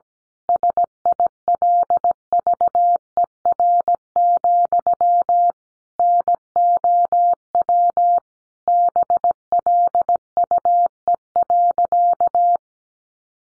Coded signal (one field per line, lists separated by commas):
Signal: Morse code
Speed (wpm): 17 wpm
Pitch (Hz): 700 Hz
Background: none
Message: SILVER, NOW BLUE.